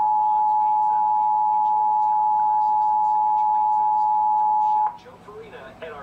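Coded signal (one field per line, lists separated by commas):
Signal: Emergency Alert System (SAME) tones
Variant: 853 and 960 Hz attention tone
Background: speech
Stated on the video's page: National EAS test received on television, FM and AM radio.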